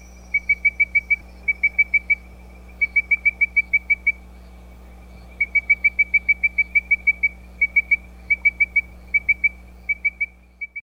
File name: Leptodactylus mystacinus